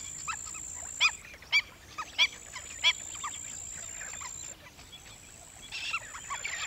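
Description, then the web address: Stilt yelping in short nasal bursts, a series of loud notes in the first half with softer ones around them, a constant thin high whine in the background. "bird-songs Stilt"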